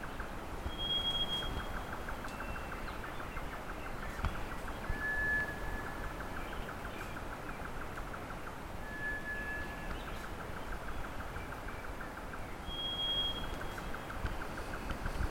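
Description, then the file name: Grey nightjar calls as a long, fast series of dry, even knocking notes, repeated several times a second. Occasional thin high whistles from another bird sound over a low rumbling background. "nightjar grey. Caprimulgus jotaka"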